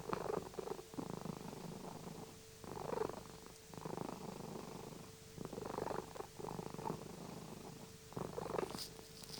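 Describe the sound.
Domestic cat purring in steady cycles, each rumbling breath swelling and fading, over a faint constant hum.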